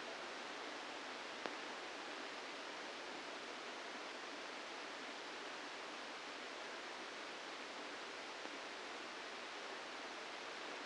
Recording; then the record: brain microelectrode recording played as sound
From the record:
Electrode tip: inside the subthalamic nucleus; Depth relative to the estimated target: 0 mm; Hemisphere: left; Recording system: NeuroSet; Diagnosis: Parkinson's disease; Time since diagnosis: 8 years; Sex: male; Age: 65 years